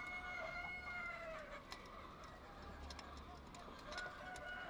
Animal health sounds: poultry house recording; healthy chickens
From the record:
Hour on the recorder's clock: 0

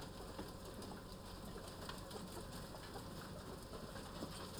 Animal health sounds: poultry house recording; healthy chickens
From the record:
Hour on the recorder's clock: 13

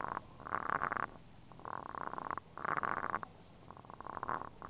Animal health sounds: poultry house recording; sick chickens (respiratory disease)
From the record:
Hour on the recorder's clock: 21

